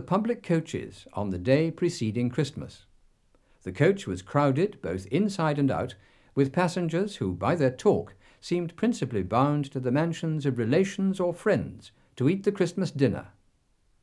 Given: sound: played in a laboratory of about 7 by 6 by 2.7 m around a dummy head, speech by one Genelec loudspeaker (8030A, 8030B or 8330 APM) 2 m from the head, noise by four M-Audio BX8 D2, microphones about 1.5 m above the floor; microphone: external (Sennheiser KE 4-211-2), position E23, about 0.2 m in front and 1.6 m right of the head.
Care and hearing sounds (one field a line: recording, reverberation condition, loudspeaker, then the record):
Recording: male speech in English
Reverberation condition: low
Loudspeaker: 90 degrees to the right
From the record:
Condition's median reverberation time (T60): about 310 ms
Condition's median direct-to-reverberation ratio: about 3.5 dB